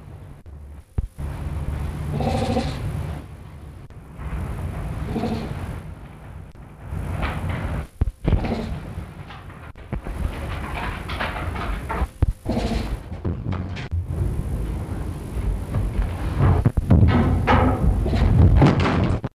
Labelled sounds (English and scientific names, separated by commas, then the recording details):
Clouded Leopard (Neofelis nebulosa)
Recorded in captivity
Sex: male
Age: adult
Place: Tierpark Berlin, Berlin, DE
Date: 1962-07-07 19:40
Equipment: Minifon, Kopie Smaragd
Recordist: Tembrock, Günter